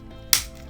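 The plastic back cover of a Nintendo Switch is pressed down onto the console housing after a charger port replacement, so its retaining clips snap into place. One sharp, bright snap sounds at 0.3 s over a quiet, steady background, and the cover is seated.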